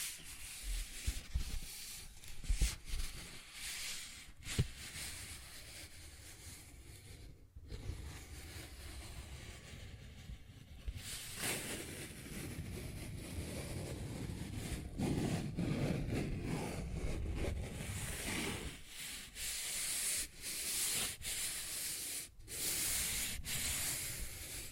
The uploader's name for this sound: Paper Bag Tapping and Scratching Sounds